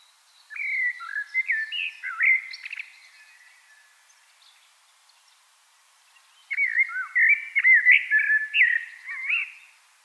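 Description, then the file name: Common blackbird song in two bursts of rich, fluted warbling with squeaky upswept notes, separated by several seconds of quiet. "Turdus merula"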